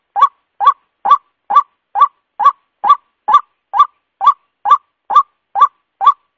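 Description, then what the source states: White-breasted waterhen calls, a loud rising nasal note around mid pitch, repeated steadily about twice a second with clean silence between. Lure call used for attracting the bird.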